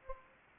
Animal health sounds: mosquito wingbeat signal from an infrared sensor; Anopheles gambiae

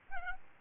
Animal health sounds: mosquito wingbeat signal from an infrared sensor; Aedes albopictus

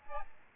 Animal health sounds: mosquito wingbeat signal from an infrared sensor; Aedes albopictus

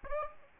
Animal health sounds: mosquito wingbeat signal from an infrared sensor; Aedes albopictus

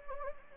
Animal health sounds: mosquito wingbeat signal from an infrared sensor; Anopheles gambiae

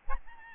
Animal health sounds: mosquito wingbeat signal from an infrared sensor; Aedes albopictus

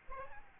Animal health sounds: mosquito wingbeat signal from an infrared sensor; Aedes albopictus

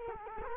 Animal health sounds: mosquito wingbeat signal from an infrared sensor; Culex quinquefasciatus

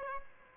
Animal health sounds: mosquito wingbeat signal from an infrared sensor; Aedes albopictus

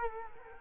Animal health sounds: mosquito wingbeat signal from an infrared sensor; Culex quinquefasciatus

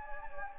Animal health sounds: mosquito wingbeat signal from an infrared sensor; Anopheles gambiae

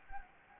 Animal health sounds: mosquito wingbeat signal from an infrared sensor; Anopheles gambiae

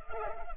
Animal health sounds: mosquito wingbeat signal from an infrared sensor; Culex pipiens

